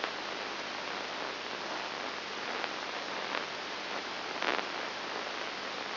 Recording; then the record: brain microelectrode recording played as sound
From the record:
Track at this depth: inside the subthalamic nucleus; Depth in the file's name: 2.703 mm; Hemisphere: left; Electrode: 3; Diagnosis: Parkinson's disease